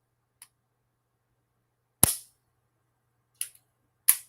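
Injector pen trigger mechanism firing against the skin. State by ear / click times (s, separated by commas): seated / 2.0 s, 4.1 s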